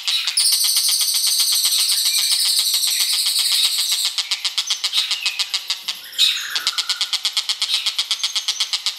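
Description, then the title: Bird song: long high buzzy trill over fast chirping, then steady pulsed chirps about four per second with a brief sweeping note. "SUARA BURUNG"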